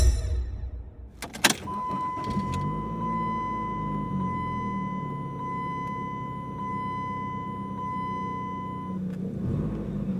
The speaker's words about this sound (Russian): Машина мчалась по автостраде, обгоняя все остальные, словно они решили установить новый рекорд скорости.